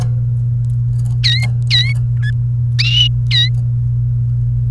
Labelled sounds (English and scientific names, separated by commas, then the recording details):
Domestic Canary (Serinus canaria) song
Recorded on 29 April 2018 at 11:30
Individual llb3